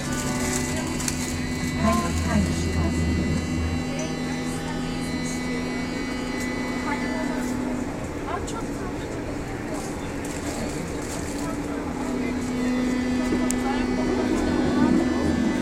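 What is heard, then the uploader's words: Inside a subway train, a steady low rumble and hum run throughout, with voices talking and a deep drone fading near four seconds. Going to Heinrich-Heine-Strasse. More sounds of the U-Bahn.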